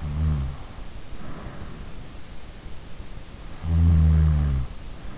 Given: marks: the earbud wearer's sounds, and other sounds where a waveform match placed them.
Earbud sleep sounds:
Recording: sounds in sleep by an in-ear microphone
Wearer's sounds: snoring breath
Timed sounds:
0.00-1.75 s: snoring breath
3.71-5.07 s: snoring breath

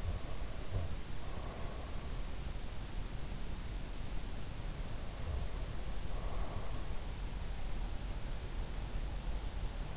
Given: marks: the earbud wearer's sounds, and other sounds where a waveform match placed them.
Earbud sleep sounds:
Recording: sounds in sleep by an in-ear microphone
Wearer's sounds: breath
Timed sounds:
0.00-1.87 s: breath
4.97-7.07 s: breath

